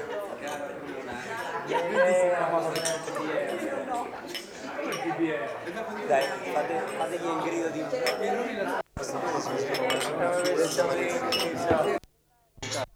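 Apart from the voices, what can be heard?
glasses clinking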